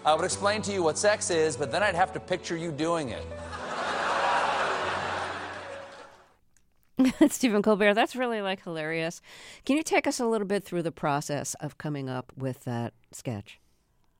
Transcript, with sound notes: I would explain to you what sex is, but then I'd have to picture you doing it.
(LAUGHTER)
That's Stephen Colbert. That's really, like, hilarious. Can you take us a little bit through the process of coming up with that sketch?